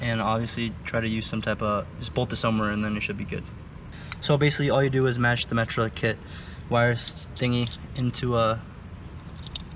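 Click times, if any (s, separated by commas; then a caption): 9.5 s, 9.6 s. Someone talks for most of the clip during an aftermarket radio install in a Miata with a DDMWORKS radio surround. Near the end, the plastic connector of an aftermarket wiring harness kit is pushed into the mating plug of the radio adapter. Two short, sharp clicks at 9.5 s and 9.6 s show the connector seated.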